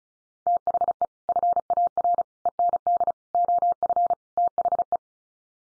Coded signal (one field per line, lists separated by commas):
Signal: Morse code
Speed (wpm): 34 wpm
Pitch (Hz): 700 Hz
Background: none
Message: THE FAR END OF THE